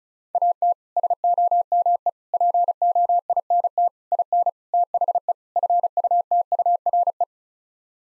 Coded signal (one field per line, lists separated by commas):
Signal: Morse code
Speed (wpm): 36 wpm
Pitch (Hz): 700 Hz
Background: none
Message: AT SOME POINT IN THE FUTURE